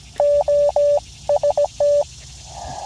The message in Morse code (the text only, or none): OST